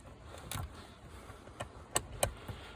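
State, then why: Seated. On an Audi A5/S5/RS5 (MLBevo), a vehicle wiring loom plug is pushed, with its locking clip pulled back, into an aftermarket harness connector. There are faint handling knocks around 0.5 and 1.6 seconds, then a sharp click at 2.0 seconds as the clip comes down and the connector seats, followed by another crisp snap at 2.2 seconds. The connector is seated.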